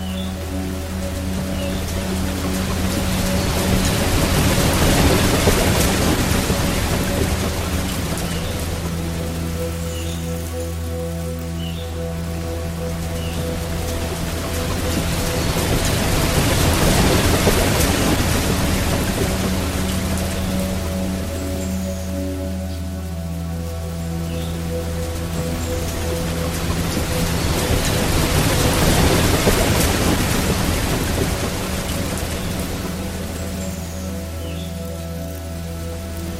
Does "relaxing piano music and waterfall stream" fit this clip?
yes